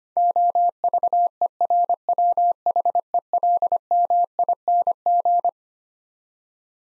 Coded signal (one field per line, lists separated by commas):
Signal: Morse code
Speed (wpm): 25 wpm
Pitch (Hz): 700 Hz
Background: none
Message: OVERWHELMING